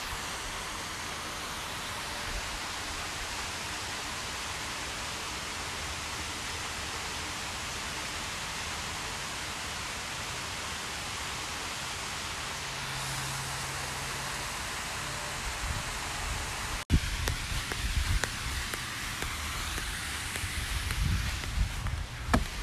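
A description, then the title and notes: A steady wash of falling water fills the first seventeen seconds, dense and even, with a brief low hum near thirteen seconds. A sharp break comes around seventeen seconds, after which the sound turns uneven, with bumps and handling noises over the rushing water. Walking to a waterfall. A peaceful journey to a waterfall in my neighborhood.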